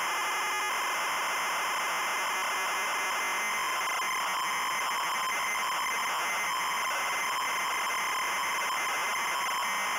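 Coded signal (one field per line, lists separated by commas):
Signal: ZX Spectrum tape loading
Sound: harsh buzzing screech of data with warbling tones, no steady lead tone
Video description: -Full tape loading sequence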